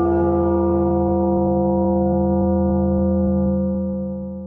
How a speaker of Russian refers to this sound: Голос набата пролетел над городом. Отразился от базальтовых стен и вернулся обратно, заставляя дребезжать оконные стекла и шевелиться флюгеры на крышах.